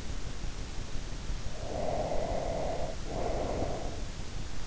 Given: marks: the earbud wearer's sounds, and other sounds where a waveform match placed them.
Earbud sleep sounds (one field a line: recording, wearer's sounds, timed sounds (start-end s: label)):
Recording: sounds in sleep by an in-ear microphone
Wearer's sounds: breath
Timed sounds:
1.37-4.09 s: breath